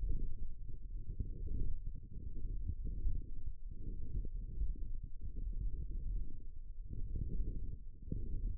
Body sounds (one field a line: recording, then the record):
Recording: forearm muscle sounds (acoustic myography)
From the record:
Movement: wrist extension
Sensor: system 1, eight BSWA MPA416 microphones around the upper forearm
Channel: 3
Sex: female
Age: 20 years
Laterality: right